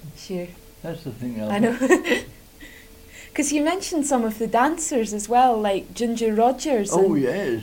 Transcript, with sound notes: Sure.
That's the thing.
I know. [laughs] 'Cause you mentioned some of the dancers as well like Ginger Rogers,
Oh yes!